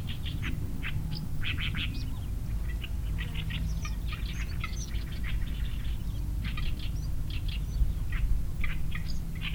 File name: Oriental Reed Warbler 2 birds Song 120505 Fujian Changle